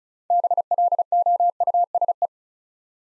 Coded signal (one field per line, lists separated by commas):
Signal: Morse code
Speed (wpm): 34 wpm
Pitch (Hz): 700 Hz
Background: none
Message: BLOUSE